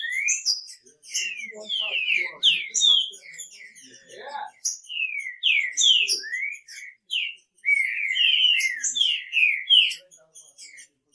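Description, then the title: Green-winged Saltator song of loud, slurred whistles in rapid series, with faint lower chattering notes in the background early on. "Trinca Ferro"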